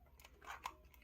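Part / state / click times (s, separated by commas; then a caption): trigger button and spring into a handheld game controller shell / not seated / none. A trigger button fitted with a single return spring is pressed into a new plastic Zelda Skyward Sword Joy-Con handheld game-controller shell, giving faint plastic taps near 0.2 and 0.25 seconds, a sharper tap at 0.7 seconds, and softer ones around 0.9 and 1.0 seconds. The button has not clicked into place; it fails to seat properly and then jams.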